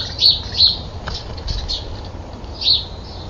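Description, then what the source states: Common nightingale song: several short, bright whistled notes and chirps, some in quick bursts, over a low rumbling background. Several nightingales recorded while fighting.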